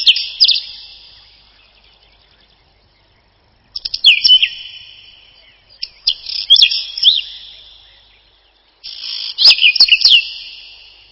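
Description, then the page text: Whinchat song: four short scratchy phrases of rapid chirps and whistled slurs, separated by pauses of one to three seconds, each trailing off in a ring. Song described as a short twittering trill. "Луговой чекан — Saxicola rubetra"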